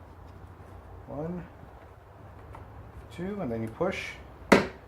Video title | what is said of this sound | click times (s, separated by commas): QX60 / JX35 - change your rear turn signal | hear it click it's all even firm and set | 4.5 s